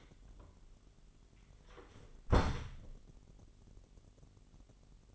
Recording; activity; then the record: daily activity, microphone in the room; close door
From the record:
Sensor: 4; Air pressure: 999.2 hPa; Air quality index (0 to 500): 116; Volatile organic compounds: 2 ppm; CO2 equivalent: 1141 ppm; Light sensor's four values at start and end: 11/27/11/12 and 12/29/12/13